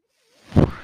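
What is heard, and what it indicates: A single soft, low whoosh of air swells up from silence, peaks briefly, then trails off into a faint hiss. It is the noise of a home mechanical ventilator pushing air, with a breath delivered through the machine.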